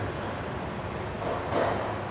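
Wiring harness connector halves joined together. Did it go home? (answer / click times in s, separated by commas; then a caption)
no / none. Two wiring harness connector halves, noted as a little dirty, are handled and lined up before being pushed together during a Fleece 6.7 Power Flow fuel pump install on a 2011–2016 Ford F250/F350. A steady low hum and broadband rustle run throughout, with brief handling swells around 1.3 s and 1.6 s. Nothing has clicked or seated yet.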